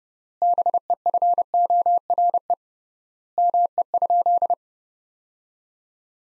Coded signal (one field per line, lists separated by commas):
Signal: Morse code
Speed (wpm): 32 wpm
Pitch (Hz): 700 Hz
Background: none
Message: BEFORE ME?